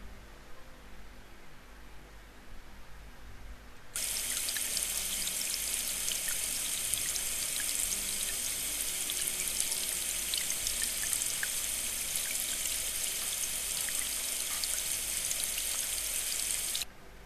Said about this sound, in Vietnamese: Nước từ vòi sen chảy xuống và cậu đã điều chỉnh nhiệt độ cho vừa phải.